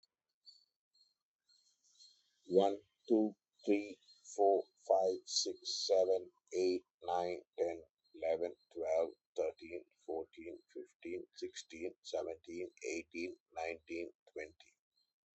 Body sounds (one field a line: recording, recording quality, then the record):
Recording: counting at a normal pace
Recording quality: excellent, no background noise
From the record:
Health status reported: healthy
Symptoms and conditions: none ticked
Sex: male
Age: 42 years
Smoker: not ticked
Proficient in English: yes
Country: India